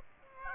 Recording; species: mosquito wingbeat signal from an infrared sensor; Aedes aegypti